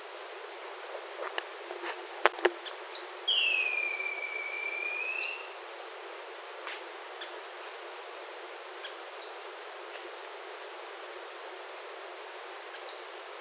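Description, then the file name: Bird sounding a drawn-out whistle that dips and levels off, with many quick high-pitched ticks and chirps before and after against a faint steady high tone. "SABIOD 50 bird 2015"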